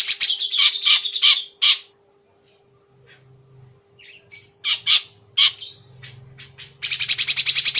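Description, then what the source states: Grey-cheeked bulbul song: spaced, loud, clear notes repeated in short groups, a brief quiet gap, more single notes, then a quick harsh rattle at the end. Used for training songbirds.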